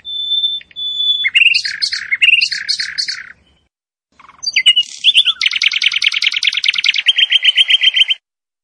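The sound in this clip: Bird song: a steady whistled note, then bright repeated chirping phrases, a short pause, and a fast, even trill that ends abruptly.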